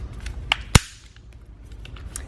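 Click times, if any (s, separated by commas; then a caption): 0.5 s, 0.8 s. A plastic spacer is snapped into place in a Yakima BaseLine CoreBar roof rack tower. Two sharp clicks are heard at 0.5 s and 0.8 s, followed by a few fainter ticks, and the spacer is seated.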